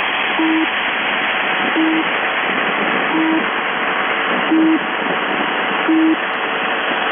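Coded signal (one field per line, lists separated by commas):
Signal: channel marker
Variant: UVB-76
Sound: five short low beeps, evenly spaced about 1.4 seconds apart, under steady hiss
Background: radio static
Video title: The Buzzer/UVB-76(4625Khz) January 4, 2022 channel marker transition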